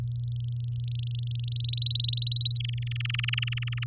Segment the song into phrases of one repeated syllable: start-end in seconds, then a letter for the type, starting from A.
0.08-1.41 A, 1.44-2.58 B, 2.60-3.84 C